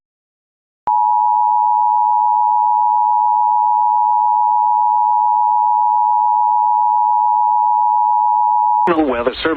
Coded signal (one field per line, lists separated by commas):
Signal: Emergency Alert System (SAME) tones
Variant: 853 and 960 Hz attention tone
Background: speech